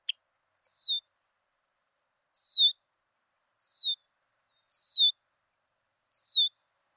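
Red-winged blackbird sounding five high, clear, descending whistles, each lasting under half a second and spaced by irregular pauses.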